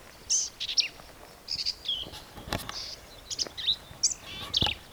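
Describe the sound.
Black-capped vireo giving choppy, high, harsh and squeaky phrases, varied from one to the next.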